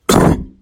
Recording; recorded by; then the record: voluntary cough; messaging app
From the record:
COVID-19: negative